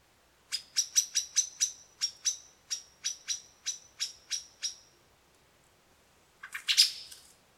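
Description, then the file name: Common blackbird call: a steady series of many sharp, clicking notes slowing slightly, then a brief harsher scratchy burst. "Turdus merula"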